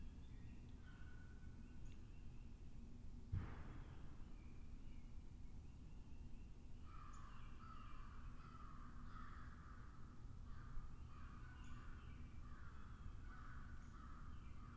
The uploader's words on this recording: Spring Lake Woods & Bog. Soft oak-hickory forest with April showers.